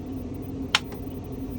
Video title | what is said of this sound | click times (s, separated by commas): July 3, 2025 | So you hear that click. | 0.7 s